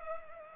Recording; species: mosquito wingbeat signal from an infrared sensor; Culex pipiens